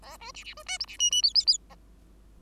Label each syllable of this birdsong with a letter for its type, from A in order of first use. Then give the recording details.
A B C C B D E C F F G G G A. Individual Bird5